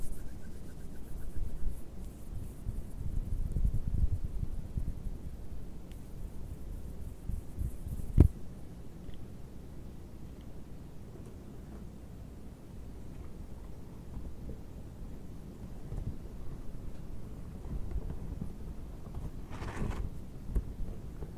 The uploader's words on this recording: ASMR GLOVES SOUNDS - DISHWASHING GLOVES, EAR MASSAGE, GLOVES SCRATCHING - NO TALKING.